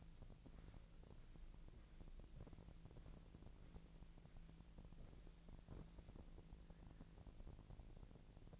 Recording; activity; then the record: daily activity, microphone in the room; walk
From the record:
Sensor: 5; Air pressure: 1002.2 hPa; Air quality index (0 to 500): 236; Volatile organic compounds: 25 ppm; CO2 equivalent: 2834 ppm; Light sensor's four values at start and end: 31/74/31/34 and 31/74/31/34